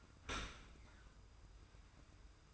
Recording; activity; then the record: daily activity, microphone in the room; open dishwasher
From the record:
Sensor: 2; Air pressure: 990.4 hPa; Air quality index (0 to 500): 210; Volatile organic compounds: 1000 ppm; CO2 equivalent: 6734 ppm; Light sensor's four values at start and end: 30/70/28/28 and 30/70/28/28